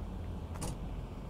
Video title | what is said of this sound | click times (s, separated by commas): 2022 Newmar Ventana 4369 | hear that little click that means it's open | 0.6 s